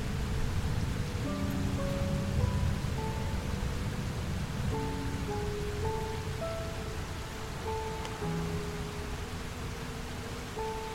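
A steady wash of rain and low rumble runs throughout while soft, sustained piano-like notes drift slowly above it, changing every second or so.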